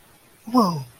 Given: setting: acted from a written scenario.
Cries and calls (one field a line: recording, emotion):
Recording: vocal sound without words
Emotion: positive surprise